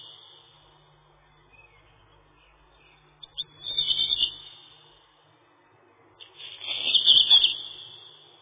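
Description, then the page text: Black redstart song: two grating, crackly phrases a few seconds apart. "Горихвостка-чернушка (Phoenicurus ochruros)"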